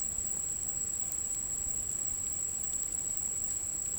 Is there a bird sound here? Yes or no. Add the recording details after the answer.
no. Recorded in dense forest near Puerto Asís, Putumayo, Colombia, on 27 June 2025 at 13:30. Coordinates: 0.503, -76.323. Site G059